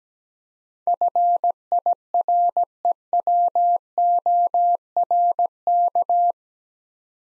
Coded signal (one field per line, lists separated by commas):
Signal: Morse code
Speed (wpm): 17 wpm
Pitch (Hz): 700 Hz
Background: none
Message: FIREWORK